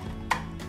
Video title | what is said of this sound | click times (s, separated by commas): 4x5" Large Format - Overview and Project Idea | now the film is locked in I still leave it unlocked and put it in the back of the camera | 0.3 s